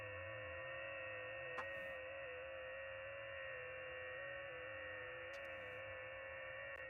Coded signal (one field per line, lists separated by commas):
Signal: FT8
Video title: *** LIVE *** Life Updates and FT8